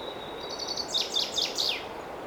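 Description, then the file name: Common chaffinch song: a thin trill leading into several loud, falling notes and a final flourish, with continuous background hiss. "Fringilla coelebs"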